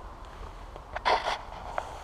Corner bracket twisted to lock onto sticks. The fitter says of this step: and a lock into place